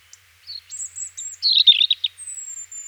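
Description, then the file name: European robin song phrase: thin high whistles, a dense tumbling warble, then a long, very high sliding note. "Erithacus rubecula"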